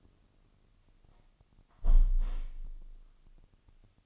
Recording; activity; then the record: daily activity, microphone in the room; close window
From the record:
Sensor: 4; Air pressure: 1005.5 hPa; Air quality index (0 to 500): 93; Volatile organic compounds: 2 ppm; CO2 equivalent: 1150 ppm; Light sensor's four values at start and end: 11/25/10/9 and 11/24/9/8